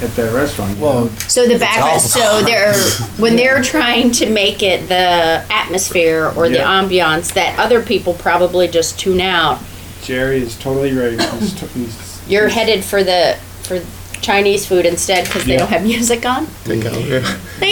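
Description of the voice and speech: An adult woman talks fluently and conversationally about restaurant background music, with brief natural pauses.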